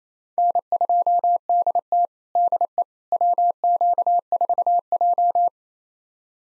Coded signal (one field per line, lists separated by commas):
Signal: Morse code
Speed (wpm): 28 wpm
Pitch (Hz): 700 Hz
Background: none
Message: N2DT DE WQ4J